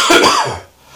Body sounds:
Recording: coughing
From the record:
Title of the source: Spring Cold Coughing 2

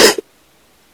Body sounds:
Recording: coughing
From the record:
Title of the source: 55 gaggy wet cough

